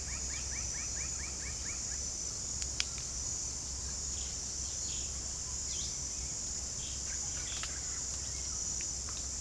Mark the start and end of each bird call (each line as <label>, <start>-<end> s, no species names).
bird call, 0.00-2.00 s
bird call, 3.94-8.29 s